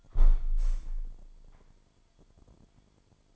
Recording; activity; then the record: daily activity, microphone in the room; close window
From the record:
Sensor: 5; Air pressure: 998.1 hPa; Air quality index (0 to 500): 98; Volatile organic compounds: 2 ppm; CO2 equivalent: 1124 ppm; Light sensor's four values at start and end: 27/65/27/29 and 27/65/27/29